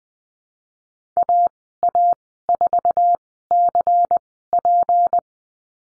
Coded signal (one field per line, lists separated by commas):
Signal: Morse code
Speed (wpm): 20 wpm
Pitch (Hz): 700 Hz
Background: none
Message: AA4CP